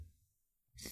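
A single sneeze from an adult man.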